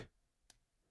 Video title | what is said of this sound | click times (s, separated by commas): Flux Quadras 4K Watch Review | I love the feeling of it. Sounds good, feels good, doesn't accidentally open. | 0.5 s